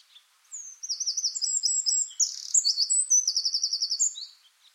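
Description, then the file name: Eurasian wren song: shrill, fast-rattling trills and bright whistles poured out in one continuous phrase of roughly four seconds. "Troglodytes troglodytes"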